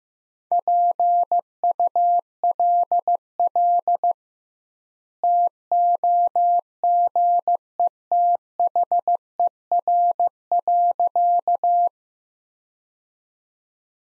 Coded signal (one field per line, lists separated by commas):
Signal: Morse code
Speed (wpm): 15 wpm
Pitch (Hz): 700 Hz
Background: none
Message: PULL TOGETHER.